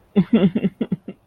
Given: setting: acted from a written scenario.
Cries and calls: vocal sound without words; guilt

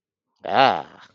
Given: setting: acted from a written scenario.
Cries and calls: vocal sound without words; positive surprise

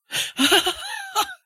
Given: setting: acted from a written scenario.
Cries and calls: vocal sound without words; elation

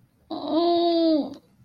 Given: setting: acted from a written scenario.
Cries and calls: vocal sound without words; sadness

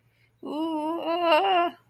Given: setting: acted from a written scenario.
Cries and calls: vocal sound without words; pain

